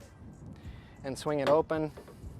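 The swim platform gate on a Jeanneau NC 895 Sport (Series 1) boat is being lifted and swung open toward its open-position lock while someone talks over faint background noise. The clip ends before the gate latches, so nothing has seated or clicked yet.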